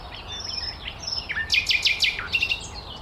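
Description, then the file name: Common nightingale song phrase: faint high notes, then a rapid burst of loud repeated notes over a steady held note, and a closing flourish. "Luscinia megarhynchos"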